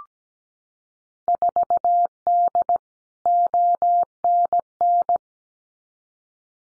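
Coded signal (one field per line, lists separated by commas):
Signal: Morse code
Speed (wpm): 17 wpm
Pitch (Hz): 700 Hz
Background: none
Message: 4D ONN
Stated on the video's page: Morse drill of randomly selected Field Day exchanges at 17 wpm for head-copy, each sent, spoken, then sent again.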